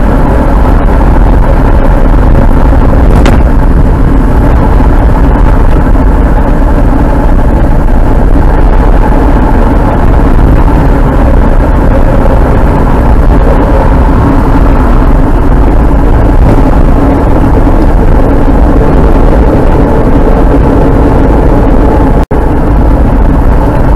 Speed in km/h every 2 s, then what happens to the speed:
68, 68, 68, 67, 66, 65, 67, 57, 54, 49, 48, 46.
0-12 steady at about 67. 12-20 slows to 48.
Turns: 14-22.